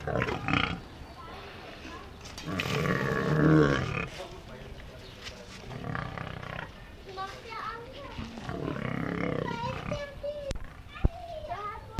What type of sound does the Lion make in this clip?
call